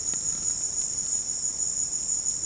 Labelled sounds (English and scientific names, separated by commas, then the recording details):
none
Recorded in secondary vegetation near Puerto Asís, Putumayo, Colombia, on 19 March 2025 at 15:30
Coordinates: 0.502, -76.326
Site G100